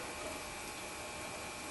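A metal anti-rattle clip is placed against the brake caliper of a 2009-2016 Audi A4 during a front brake replacement and lined up before being pushed in. Only a steady broadband hiss with a faint tone near 2.3 kHz is heard, with no sharp sounds. Nothing has seated or clicked yet.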